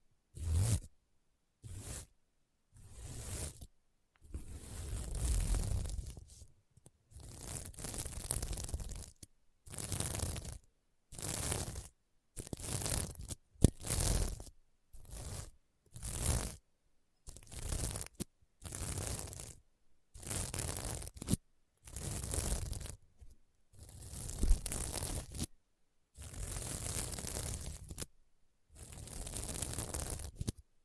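Scratching across a sequin mermaid pillow, in repeated strokes of one to two seconds separated by short silences. Each stroke is a dense, rustling, crisp scrape with some low thumping underneath, keeping a fairly regular rhythm throughout.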